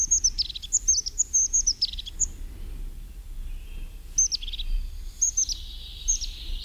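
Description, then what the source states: Crested Tit calls: thin, very high short notes in quick clusters with brief descending flourishes, pausing mid-way before another burst, over a faint low background rumble. Seen as small groups, solitary birds or pairs at two or three spots along a path.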